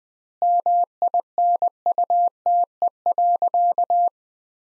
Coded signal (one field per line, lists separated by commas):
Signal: Morse code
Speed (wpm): 20 wpm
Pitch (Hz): 700 Hz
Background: none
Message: MINUTE.